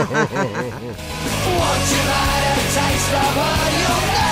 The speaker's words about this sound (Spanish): Es que como no tenía un sonido de vaca, pues he puesto a Chihuahua.